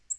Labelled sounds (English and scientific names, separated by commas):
Black-throated Green Warbler (Setophaga virens) flight call